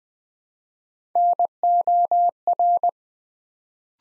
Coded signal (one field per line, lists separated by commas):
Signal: Morse code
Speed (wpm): 20 wpm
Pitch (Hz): 700 Hz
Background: none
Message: NOR